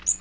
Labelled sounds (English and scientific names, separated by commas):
Magnolia Warbler (Setophaga magnolia) flight call